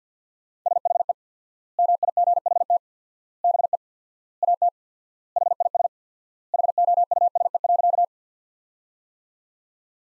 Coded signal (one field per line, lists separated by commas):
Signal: Morse code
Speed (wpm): 50 wpm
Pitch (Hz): 700 Hz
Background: none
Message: SHE MIGHT BE AT HIS HOUSE.